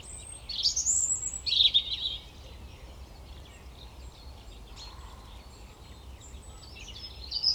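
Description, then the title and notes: European robin song, a single high glittering phrase of thin whistles and fast trills, followed by near silence and a faint start of another. Recorded at Koniówka, Lesser Poland, Poland, using a Zoom F3 recorder with a Usi Pro microphone on a drop rig. "Koniówka, województwo małopolskie, Polska - Robin, King of the Petland. Recordist: Maciej Wirmański"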